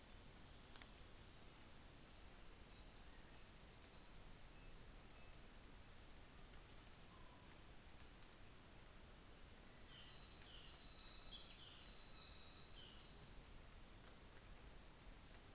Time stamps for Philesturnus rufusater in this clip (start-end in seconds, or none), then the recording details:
9.74-13.48. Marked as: faintness 4/5. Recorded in New Zealand on 24 December 2018. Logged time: 11:00